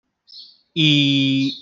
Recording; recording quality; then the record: sustained vowel as in beet; excellent, no background noise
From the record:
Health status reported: healthy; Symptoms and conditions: diabetes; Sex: male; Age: 40 years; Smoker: not ticked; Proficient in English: yes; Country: India